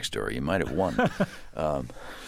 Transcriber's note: laughter